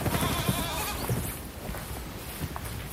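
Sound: goats bleating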